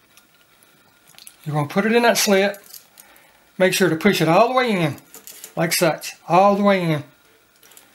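A plastic Camaro logo insert is being pushed all the way into the slit in a Gen 5 Camaro laser-cut key fob housing while someone talks. Faint handling ticks are heard between the speech. The clip ends with nothing seated or clicked yet.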